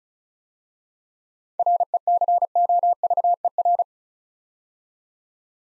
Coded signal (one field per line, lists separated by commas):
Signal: Morse code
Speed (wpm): 36 wpm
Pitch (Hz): 700 Hz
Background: none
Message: RECOVER